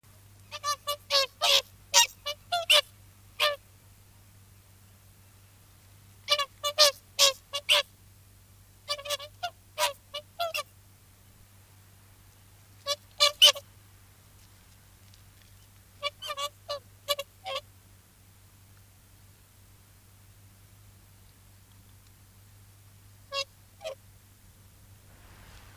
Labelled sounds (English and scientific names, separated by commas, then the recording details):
Whooper Swan (Cygnus cygnus) call
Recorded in captivity
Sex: pair
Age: adult
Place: Zoo Rostock, Mecklenburg-Vorpommern, DE
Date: 1984-02-04 11:25
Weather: overcast, 3-6°C
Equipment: Nagra SN, Kopie Uher 4000 Report Monitor
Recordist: Tembrock, Günter
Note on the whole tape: Paar: Laute, durch Beobachter ausgelöst